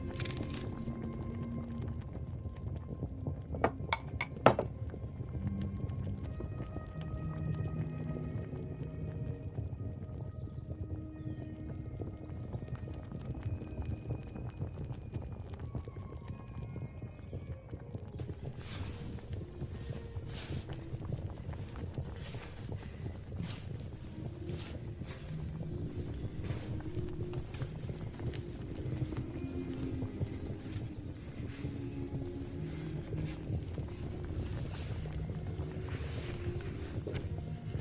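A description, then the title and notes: Someone cooks in a kitchen while old-time music plays faintly from another room, its melody lines thin and distant over a steady low hum. Sharp knocks and clatter of utensils come near the start, then grow more frequent after about eighteen seconds. 19th century | Vintage kitchen ASMR Ambience | cooking with oldies playing. Granny is cooking in the kitchen while oldies music playing from living room.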